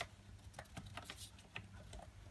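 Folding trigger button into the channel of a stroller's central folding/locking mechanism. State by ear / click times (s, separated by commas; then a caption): not seated / none. A replacement plastic folding-trigger button is handled so its small pegs line up to slide into the channel on the central folding mechanism of a Stokke Trailz / Crusi stroller. Light scattered plastic ticks and taps sound over a low steady hum, with the sharpest tap at about 1.6 s. The button has not clicked into place or seated yet.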